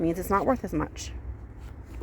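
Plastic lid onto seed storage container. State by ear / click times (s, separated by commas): not seated / none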